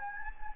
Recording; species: mosquito wingbeat signal from an infrared sensor; Anopheles gambiae